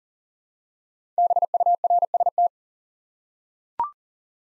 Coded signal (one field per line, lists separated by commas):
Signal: Morse code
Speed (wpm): 39 wpm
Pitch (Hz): 700 Hz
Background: none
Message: BURST